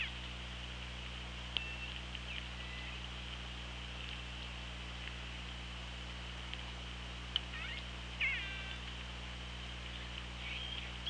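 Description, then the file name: Killer whale calls under water, brief faint squeals near the start and a louder harmonic, downward-bending call around eight seconds, over steady hiss and low hum. Recorded on a hydrophone at OrcaLab, 24 August 2017, 18:36. "Orca Lab UTLN JASON 20170824 183606"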